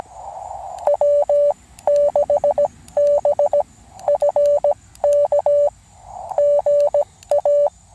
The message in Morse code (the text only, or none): W6BFK GA